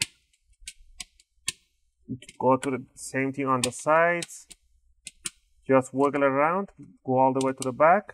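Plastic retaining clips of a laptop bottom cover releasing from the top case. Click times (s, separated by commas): 0.0 s, 0.7 s, 1.0 s, 1.5 s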